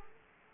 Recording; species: mosquito wingbeat signal from an infrared sensor; Culex quinquefasciatus